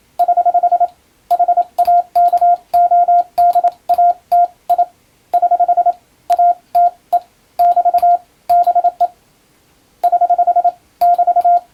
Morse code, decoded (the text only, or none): <HH> HAKODATI <HH> ATE <BT> BE <HH> <BT>